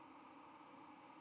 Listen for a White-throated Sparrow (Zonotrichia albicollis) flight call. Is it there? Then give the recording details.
yes. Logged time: 09:13 on 31 October 2014